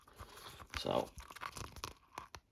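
Someone briefly talks while handling the plastic belly piece of a McFarlane Toys DC Multiverse The Suicide Squad Collect & Build King Shark figure, lining it up to press onto a ball joint. Short, light plastic taps and rustles are heard around 0.6, 1.5, 1.6, 1.8 and 2.2 seconds. Nothing has seated or clicked into place yet.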